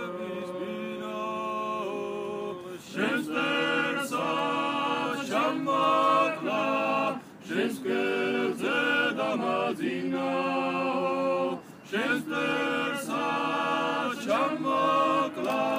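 A throaty tenor holds long, steady notes for the first few seconds, then a chorus of lighter voices joins near three seconds, thickening into layered, shifting tones. The singing continues densely, broken only by brief pauses around seven, ten and twelve seconds.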